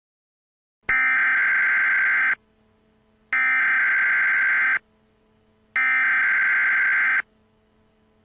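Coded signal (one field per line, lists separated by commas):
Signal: Emergency Alert System (SAME) tones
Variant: header bursts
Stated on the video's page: Fictional EAS scenario, not a real alert.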